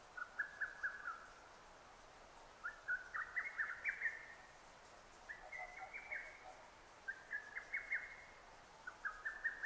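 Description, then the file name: Lesser cuckoo singing a quick series of clipped, emphatic whistles, each phrase given several times with short pauses between. Recorded on 6 June 2009. "hototogisu-20090606"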